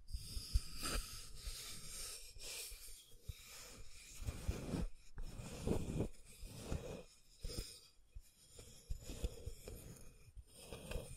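Scratching and tracing, a rough rasping texture of strokes that come in uneven bursts about every second or less. The strokes vary in length and pressure, some scratchy and bright, others softer and airy, with brief near-silent gaps between.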